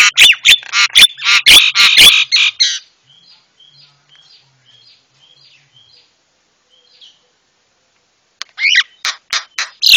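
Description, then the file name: Javan myna song with loud jumbled chirps, a quiet spell of soft repeated ticks, then a renewed burst of sharp whistled notes. Used to train cage birds; myna described as white-eyed (mata putih). "masteran jalak kebo mata putih"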